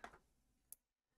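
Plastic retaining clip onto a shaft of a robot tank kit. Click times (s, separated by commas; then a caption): 0.7 s. A small plastic retaining clip is slid onto a shaft or axle of a StirlingKit Teching robot tank kit to hold a part in place. After a brief handling noise at the start, a single sharp, bright click sounds at 0.7 s as the clip seats. Quiet follows.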